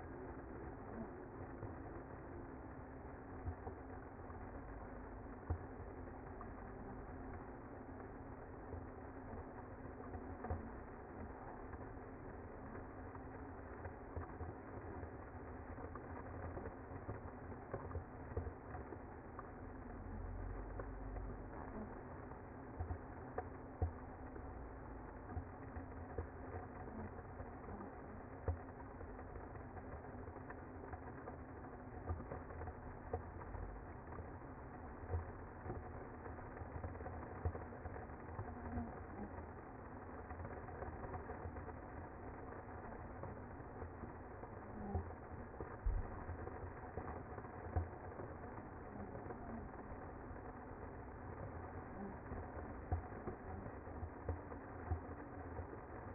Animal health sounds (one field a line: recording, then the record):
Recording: honeybee colony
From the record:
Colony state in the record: active